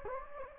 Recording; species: mosquito wingbeat signal from an infrared sensor; Anopheles gambiae